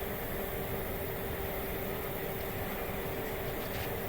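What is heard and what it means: A wiring connector is worked by feel toward a vehicle sensor/harness socket, reached up inside and out of sight. Only a steady broadband hiss with a low constant hum is heard, with no sharp sounds. Nothing has seated or clicked yet.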